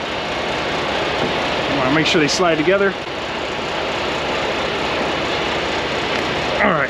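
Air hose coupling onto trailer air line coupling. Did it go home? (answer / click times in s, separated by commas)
no / none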